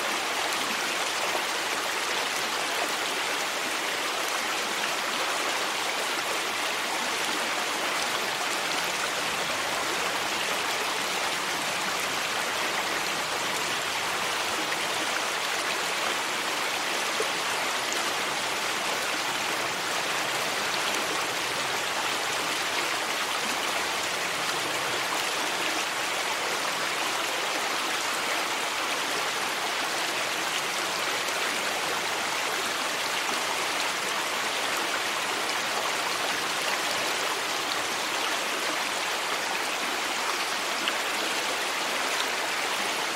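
A river flows steadily, its rushing water forming a dense, even hiss that stays bright and constant for the whole stretch without pause. The sound is unchanging, with only faint trickling detail in the lower range and no other sounds behind it.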